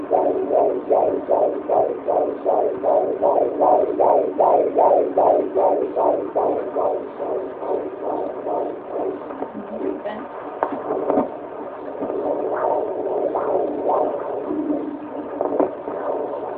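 Rapid, regular whooshing pulses at about 154 a minute, a fast heartbeat, turning less regular and noisier later.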